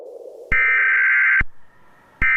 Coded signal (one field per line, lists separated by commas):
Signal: Emergency Alert System (SAME) tones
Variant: header bursts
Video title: Michigan Severe Weather Outbreak (2020) [EAS MOCK]